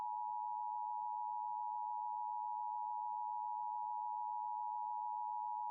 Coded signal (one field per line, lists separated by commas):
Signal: Emergency Alert System (SAME) tones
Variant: 853 and 960 Hz attention tone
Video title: LIVE AM/MW DX: DX Central Live - S. 3, Ep. 14 | Friday, January 6, 2023